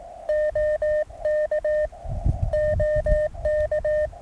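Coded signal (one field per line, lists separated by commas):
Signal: Morse code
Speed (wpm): 18 wpm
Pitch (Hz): 610 Hz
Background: none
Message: OK OK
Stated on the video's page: QRP park activation with Mountain Topper MTR 3B at 9 volts on resonant antenna, calling CQ and completing a CW QSO.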